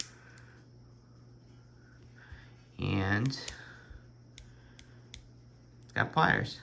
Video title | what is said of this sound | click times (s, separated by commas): Multitool collection update - I may have a problem | It locks in place, which is pretty cool. | 0.0 s